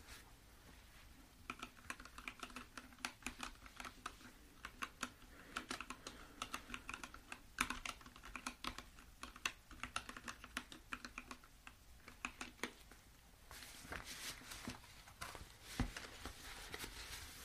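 Keyboard taps come in quick, uneven bursts of crisp clicks, with short pauses between runs. Around thirteen seconds the typing grows denser and slightly brighter, continuing steadily to the end over a faint low hum.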